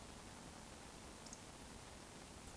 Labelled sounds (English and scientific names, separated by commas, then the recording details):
Eurasian Woodcock (Scolopax rusticola) whistle
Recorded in Baden-Württemberg, Germany, on 11 June 2020 at 20:39 UTC
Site 14569, 102 m above sea level